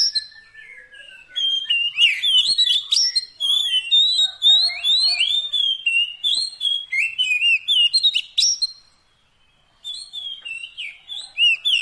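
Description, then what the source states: Oriental magpie-robin song of continuous varied whistles, chirps and slurred notes, a near-silent pause around nine seconds before singing resumes. Fill-in (isian) song of kacer, meant to get a bird singing actively (gacor) day and night.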